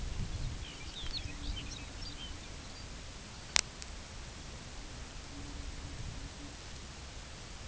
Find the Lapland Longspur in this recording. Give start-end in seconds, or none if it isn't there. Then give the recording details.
0.21-2.88. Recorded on Arctic tundra, site UTQI-2, on 10 June 2019. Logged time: 16:00